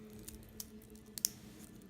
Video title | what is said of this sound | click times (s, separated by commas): Addic automatic mechanical watch unboxing first impressions - Gorilla unboxing | this has a nice click feel just | 1.2 s